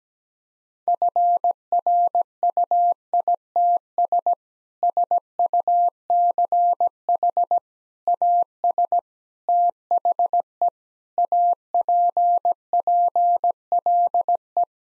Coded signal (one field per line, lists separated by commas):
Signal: Morse code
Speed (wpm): 17 wpm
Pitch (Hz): 700 Hz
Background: none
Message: FRUITS SUCH AS THE APPLE